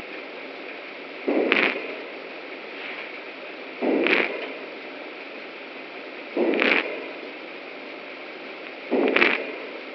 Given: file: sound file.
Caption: Recording of breath sounds from a sensor located over the right mid-lung region of a representative animal with oleic acid-induced acute lung injury during mechanical ventilation without PEEP.